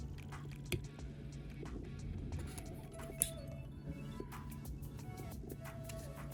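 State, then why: Not seated. A plastic part of a large FanHome Optimus Prime robot model kit is pushed into the robot body assembly, following the instruction to push until it clicks. Small ticks and knocks are heard at about 0.2, 0.5, 0.7, 3.2 and 5.9 seconds over background music. None of them is the click, and the part has not clicked home yet.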